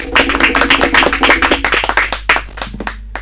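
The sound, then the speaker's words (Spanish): Audience applause: a dense patter of many hands clapping at once, loud at first, then thinning into scattered individual claps as it fades out toward the end. “Se merecen un aplauso, ¿no?”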